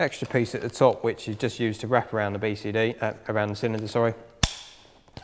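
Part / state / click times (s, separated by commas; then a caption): cylinder stabilizer strap piece into a scuba BCD / seated / 4.4 s. Someone talks while a cylinder stabilizer piece, an extra piece at the top that wraps around the cylinder, is clipped onto the back of a Mares Icon MRS Plus travel BCD, which lacks a full rigid back plate, to give it extra stability. A sharp, loud snap at 4.4 s marks the piece clipping into place, followed by a couple of faint ticks.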